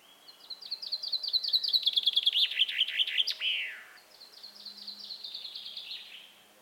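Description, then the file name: Common chaffinch song: a series of chirpy notes that grows louder and ends in a downward flourish, then a softer second phrase of rapid notes. "Fringilla coelebs"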